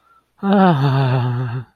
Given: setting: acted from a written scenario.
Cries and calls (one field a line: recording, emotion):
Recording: vocal sound without words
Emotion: romantic love